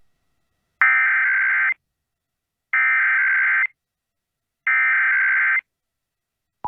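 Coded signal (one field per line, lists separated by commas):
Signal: Emergency Alert System (SAME) tones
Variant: header bursts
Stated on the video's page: Two statewide required monthly test headers relayed by two broadcast stations, with WeatherSTAR 4000 display.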